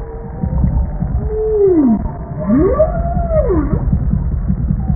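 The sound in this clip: Bowhead whale calls: low moaning tones that fall, then rise and dip again in smooth arcs, over continuous low underwater noise.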